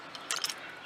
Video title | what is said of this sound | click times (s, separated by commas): How to fix and improve your broken air compressor | to release it, simply slide back your collar, and boom, pops apart. | 0.3 s